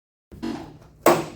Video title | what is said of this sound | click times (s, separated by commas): LET'S BEAT THE 70S BONDO OUT OF THESE ECONOLINE PUP DOORS | You hear the snap clips releasing. | 0.3 s, 1.1 s